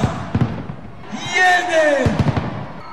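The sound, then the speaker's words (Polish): Fireworks of the 'Światełko do nieba' at the 23rd finale of the Great Orchestra of Christmas Charity, set off by Jurek Owsiak at Plac Defilad in Warsaw at 20:00, launch with a rising whistle sweeping upward, followed by sharp pops and bangs, over the steady noise of a cheering crowd of over ten thousand. “Punktualnie o 20.00 w całej Polsce rozbłysło światełko do nieba.”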